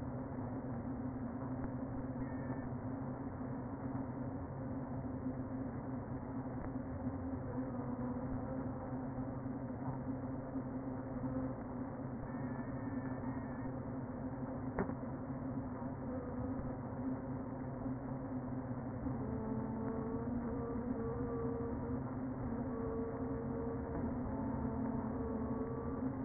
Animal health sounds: honeybee colony, microphone inside the hive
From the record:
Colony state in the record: queen present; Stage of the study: before two queens were removed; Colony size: about 60,000 bees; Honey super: yes

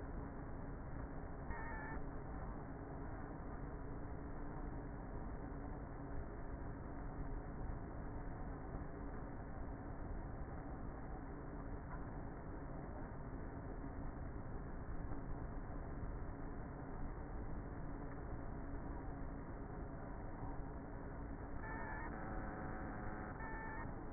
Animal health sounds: honeybee colony, microphone inside the hive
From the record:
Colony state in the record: queenless with a low population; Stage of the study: before two queens were removed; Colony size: about 30,000 bees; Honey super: no

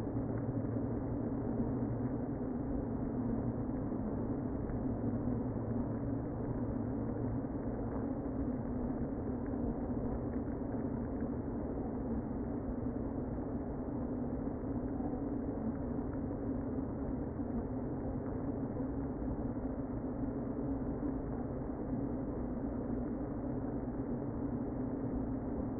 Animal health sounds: honeybee colony, microphone inside the hive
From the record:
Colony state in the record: queen present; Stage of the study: before two queens were removed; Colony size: about 60,000 bees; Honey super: yes

